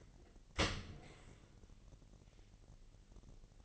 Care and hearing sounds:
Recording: daily activity, microphone in the room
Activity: open dishwasher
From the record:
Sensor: 4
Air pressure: 1001.3 hPa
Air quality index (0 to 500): 249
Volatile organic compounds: 46 ppm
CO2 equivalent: 3235 ppm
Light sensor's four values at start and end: 8/18/7/6 and 8/17/7/6

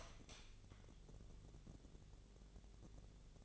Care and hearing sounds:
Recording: daily activity, microphone in the room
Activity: light on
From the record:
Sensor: 4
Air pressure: 1000.9 hPa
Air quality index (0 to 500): 123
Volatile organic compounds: 1 ppm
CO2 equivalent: 927 ppm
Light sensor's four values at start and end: 32/78/33/35 and 34/83/34/37

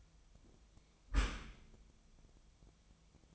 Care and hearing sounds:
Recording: daily activity, microphone in the room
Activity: close dishwasher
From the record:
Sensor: 1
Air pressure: 1004.7 hPa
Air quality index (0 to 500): 118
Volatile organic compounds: 4 ppm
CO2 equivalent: 1641 ppm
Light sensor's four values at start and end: 9/21/8/9 and 9/21/8/9

